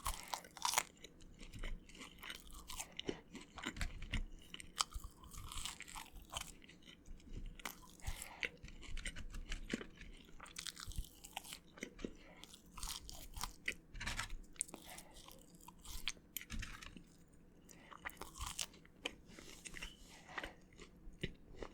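Someone eats fried chicken with loud, crunchy bites and wet chewing, sharp crackles coming every second or so over a low, steady hum.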